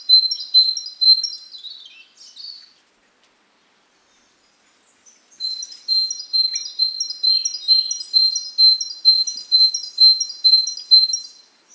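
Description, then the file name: Great tit sounding bright, high-pitched two-note phrases in quick succession, breaking off for a few silent seconds, then returning with a longer repeated run. "Parus major"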